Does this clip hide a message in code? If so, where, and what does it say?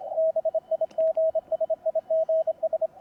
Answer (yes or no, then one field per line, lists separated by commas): yes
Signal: Morse code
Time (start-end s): 0.2-2.9 s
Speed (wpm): 27 wpm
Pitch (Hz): 640 Hz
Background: radio noise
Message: BIGSIGS